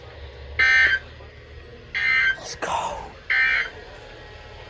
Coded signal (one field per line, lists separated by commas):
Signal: Emergency Alert System (SAME) tones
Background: speech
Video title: The Unusual (EAS 549-573)